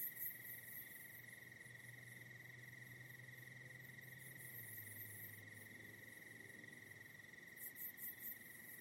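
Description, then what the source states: Cricket trill holds steady and high while a low droning hum passes underneath, and quick high insect pulses return near the end. Night in the Hollywood Hills.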